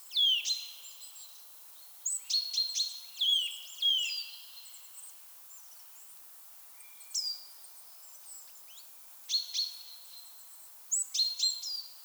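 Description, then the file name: Eurasian nuthatch calls: sharp descending whistles and high notes in short bursts, separated by quiet gaps. "Sitta europaea"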